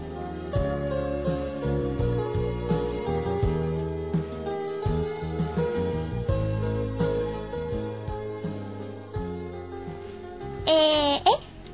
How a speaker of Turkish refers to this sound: Ağlama benim güzel bebeğim. Karnın acıktıysa şimdi sana mama veririm ben, tamam mı?